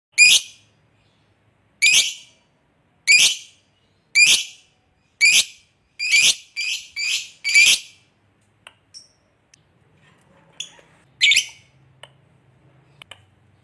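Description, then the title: Lovebird giving several loud, sharp shrieks over about eight seconds, coming faster toward the end, then a pause and one more shriek. Lovebird described as very skilled at memancing, baiting other birds into calling. "Dari Gayanya Lovebird Ini Terlihat Pintar Sekali Memancing"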